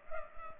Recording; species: mosquito wingbeat signal from an infrared sensor; Culex pipiens